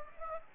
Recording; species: mosquito wingbeat signal from an infrared sensor; Anopheles gambiae